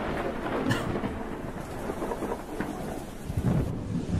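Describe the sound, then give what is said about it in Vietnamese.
Heavy rain pours in a steady, dense hiss while low thunder rumbles underneath, swelling and fading with a couple of sharper cracks; no one speaks. “Mặc kệ, tiếng mưa, tiếng sấm sét, tiếng trống vẫn cứ tùng tùng tùng tùng vang lên từng hồi.”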